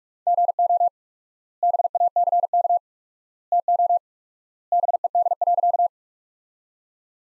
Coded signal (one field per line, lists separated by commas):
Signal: Morse code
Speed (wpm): 42 wpm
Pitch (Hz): 700 Hz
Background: none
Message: GO BACK TO BED.